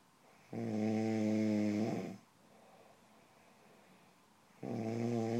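Loud, tonal snoring from an adult sleeper: two snores separated by a quiet pause.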